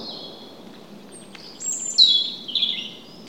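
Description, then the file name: European robin song: a quiet high whistle, then a louder burst of thin, sliding high notes that drop in pitch, over soft background hiss. "Erithacus rubecula"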